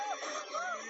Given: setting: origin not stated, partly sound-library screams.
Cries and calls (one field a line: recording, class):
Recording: one-second piece from a danger detection set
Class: woman in danger